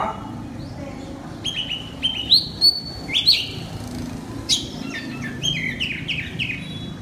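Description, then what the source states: Oriental magpie-robin song of whistled notes and short slurs. Loud song in the style called 'ngeplong' in Indonesian.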